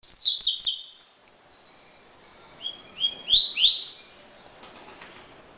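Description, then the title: Double-collared seedeater delivering rapid, very high chirps first, then, after a pause, a series of brief, clear, upslurred whistles. "Canto Coleiro"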